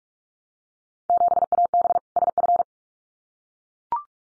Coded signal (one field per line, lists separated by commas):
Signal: Morse code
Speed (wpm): 44 wpm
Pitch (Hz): 700 Hz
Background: none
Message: 7AB SF